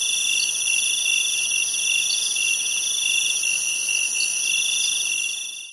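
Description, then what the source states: Insects keep up a continuous high buzzing and trilling chorus in stacked pitch bands, steady until the sound fades out at the end. Recorded at night in a jungle in Thailand.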